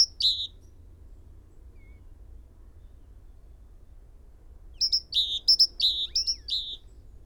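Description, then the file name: Great tit gives one brief high-low phrase, falls silent for several seconds, then delivers a quick series of about three phrases of two high notes and a lower one. "Parus major"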